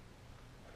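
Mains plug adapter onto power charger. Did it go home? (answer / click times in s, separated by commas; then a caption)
no / none. A country plug adapter is lined up by its tabs on the outer circle of an iSavi power charger, to be pushed in and twisted right to lock into place. Only a steady, low-level background hiss with faint handling noise is heard, with no distinct click. Nothing has seated or clicked yet.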